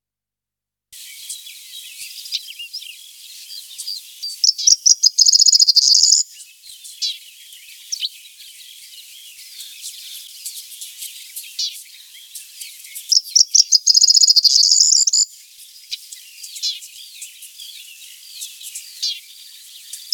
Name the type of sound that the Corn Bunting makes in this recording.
song